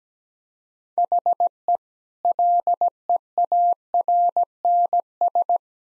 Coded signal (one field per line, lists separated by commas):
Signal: Morse code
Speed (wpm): 17 wpm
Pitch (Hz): 700 Hz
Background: none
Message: HE LEARNS